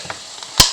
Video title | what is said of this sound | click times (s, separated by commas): Calaches 4 for $3 | Until it clicks shut. | 0.6 s